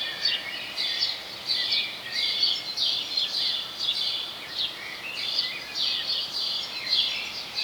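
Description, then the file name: House sparrow chirping, dense overlapping bright chirps repeated about once or twice a second against steady background hiss. "Passer domesticus"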